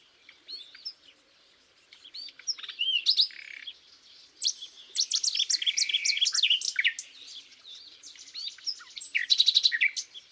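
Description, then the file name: Common nightingale song with varied phrases: sliding whistles, then a long run of rapid repeated notes and a final loud clipped trill. "Luscinia megarhynchos"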